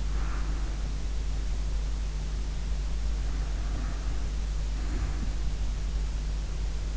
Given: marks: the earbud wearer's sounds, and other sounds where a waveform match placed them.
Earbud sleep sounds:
sounds in sleep by an in-ear microphone; breath
0.00-2.17 s: breath
2.89-5.44 s: breath

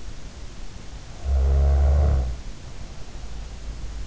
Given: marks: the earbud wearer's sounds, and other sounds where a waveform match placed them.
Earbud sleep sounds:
sounds in sleep by an in-ear microphone; snoring breath
1.03-3.48 s: snoring breath

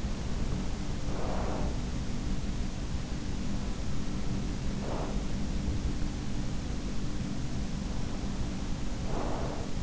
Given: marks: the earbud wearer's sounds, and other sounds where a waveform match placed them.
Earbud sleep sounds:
sounds in sleep by an in-ear microphone; breath
0.37-2.65 s: breath
3.83-6.34 s: breath
6.87-9.83 s: breath

